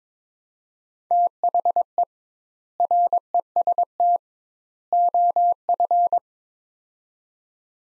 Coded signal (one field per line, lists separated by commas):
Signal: Morse code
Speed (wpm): 21 wpm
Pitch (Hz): 700 Hz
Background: none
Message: THE REST OF